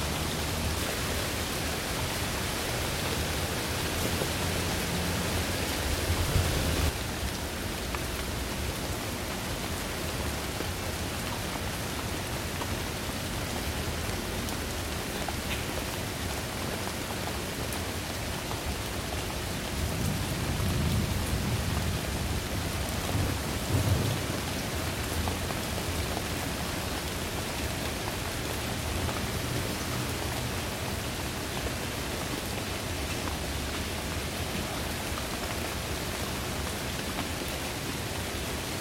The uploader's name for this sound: Thunder and Rain with Birdsong